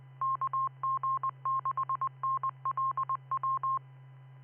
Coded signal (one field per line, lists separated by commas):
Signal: Morse code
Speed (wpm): 20 wpm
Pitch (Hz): 1060 Hz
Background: none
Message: KG6NLW